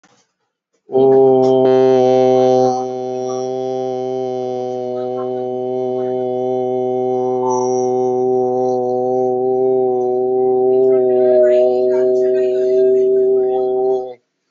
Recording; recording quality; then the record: sustained vowel as in boot; excellent, no background noise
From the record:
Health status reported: respiratory illness, not identified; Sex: male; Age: 35 years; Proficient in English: yes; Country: India